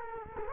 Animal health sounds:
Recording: mosquito wingbeat signal from an infrared sensor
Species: Culex quinquefasciatus

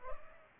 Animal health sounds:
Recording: mosquito wingbeat signal from an infrared sensor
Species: Culex pipiens

